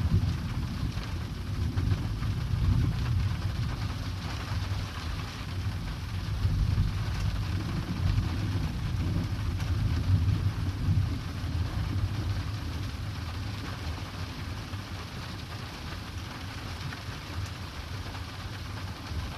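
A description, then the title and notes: Distant thunder rolls as a continuous low rumble, swelling around three and ten seconds, with a soft rain-like hiss throughout, fading slightly toward the end. Distant Thunder Sounds. The low frequencies of thunder rumbling in some far away place.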